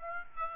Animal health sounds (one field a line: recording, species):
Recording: mosquito wingbeat signal from an infrared sensor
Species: Aedes aegypti